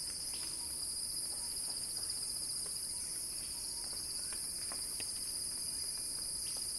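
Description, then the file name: Cicada holds a loud, even shrill buzz with a faintly rippling texture, accompanied by scattered soft clicks. Crescendo. "earth-fm Axel-Drioli Cicada-Crescendo-Sounding-Wild"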